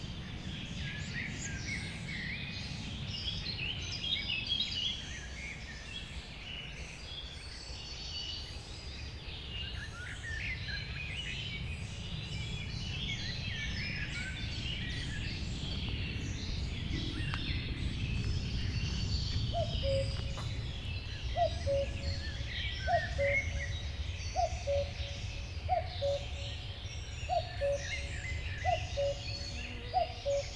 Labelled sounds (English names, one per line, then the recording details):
Common Cuckoo call
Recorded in the wild
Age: adult
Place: Hobrechtsfelder Rieselfelder, Naturpark Barnim, Berlin, DE
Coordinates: 52.666, 13.47
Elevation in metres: 65
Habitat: poplar grove
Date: 2014-05-17 07:03
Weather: cloudy, 10°C, weak winds
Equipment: Sound Devices 702, Sennheiser MKH 70, Rycote Windschutz
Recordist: Frommolt, Karl-Heinz
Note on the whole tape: Rufe eines Kuckucks